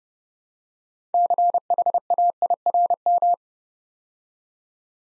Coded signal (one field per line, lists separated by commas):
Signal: Morse code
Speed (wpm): 30 wpm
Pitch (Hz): 700 Hz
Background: none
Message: CHAIRM